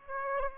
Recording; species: mosquito wingbeat signal from an infrared sensor; Aedes aegypti